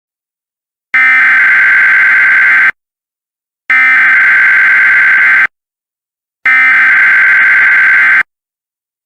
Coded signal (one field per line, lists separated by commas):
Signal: Emergency Alert System (SAME) tones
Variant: header bursts